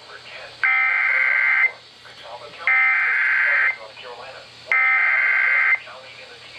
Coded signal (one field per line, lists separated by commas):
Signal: Emergency Alert System (SAME) tones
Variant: header bursts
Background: speech